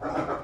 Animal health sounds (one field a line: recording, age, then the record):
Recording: pig call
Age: growing-finishing pig (85 days or more)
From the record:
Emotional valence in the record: positive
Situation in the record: run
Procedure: transit